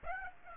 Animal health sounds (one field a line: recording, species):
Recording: mosquito wingbeat signal from an infrared sensor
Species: Aedes aegypti